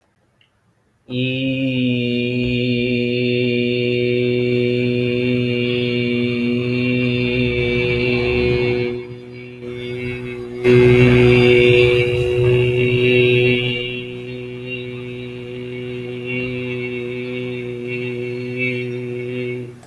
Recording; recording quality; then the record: sustained vowel as in beet; excellent, no background noise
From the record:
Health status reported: healthy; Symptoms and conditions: none ticked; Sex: male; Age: 20 years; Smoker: not ticked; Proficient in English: yes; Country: India